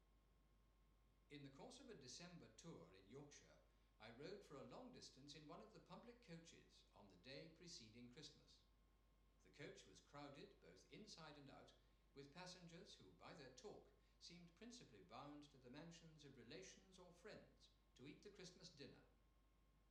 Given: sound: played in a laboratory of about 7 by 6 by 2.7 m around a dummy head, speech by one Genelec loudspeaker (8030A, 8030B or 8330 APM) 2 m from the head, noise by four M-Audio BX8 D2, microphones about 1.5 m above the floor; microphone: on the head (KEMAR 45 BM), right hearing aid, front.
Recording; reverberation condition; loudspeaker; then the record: male speech in English; medium; 30 degrees to the right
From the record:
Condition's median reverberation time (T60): about 510 ms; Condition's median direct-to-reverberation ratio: about -0.5 dB